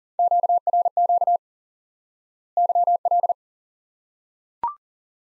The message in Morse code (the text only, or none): QRQ YL